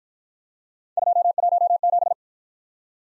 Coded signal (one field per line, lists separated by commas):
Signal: Morse code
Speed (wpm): 55 wpm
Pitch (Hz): 700 Hz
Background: none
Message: 217